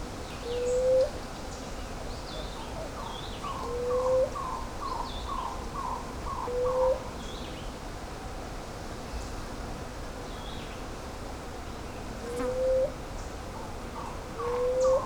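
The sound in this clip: Blue-headed quail-dove repeating a short, low, rising coo five times at uneven intervals, while other birds call softly with quick wavering notes in the background.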